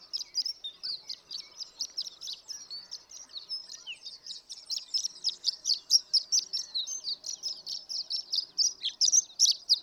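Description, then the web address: Horned lark singing a long, hurried stream of high, glittering twitters and chips that grows denser and livelier toward the end. "birdsongforthecurious Horned Lark"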